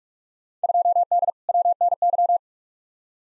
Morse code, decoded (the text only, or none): 2D WNY